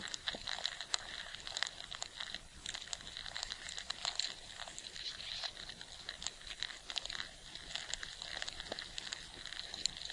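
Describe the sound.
Ant activity heard as fast, uneven clicking and crinkly rustling, steady throughout with occasional louder ticks and faint thin squeaks.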